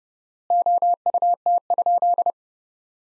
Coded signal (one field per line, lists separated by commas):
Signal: Morse code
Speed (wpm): 30 wpm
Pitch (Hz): 700 Hz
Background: none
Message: OUT?